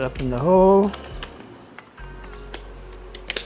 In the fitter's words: and then just click into place.